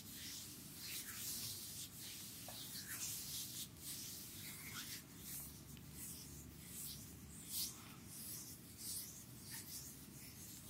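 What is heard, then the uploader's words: A back and shoulders massage on a chair: hands rub continuously over skin and fabric, a dense, steady scratchy swishing with repeated bright strokes roughly every half second to second. A low rumble sits underneath throughout, with one slightly louder stroke near eight seconds. ASMR Back and Shoulders massage on chair by Anna.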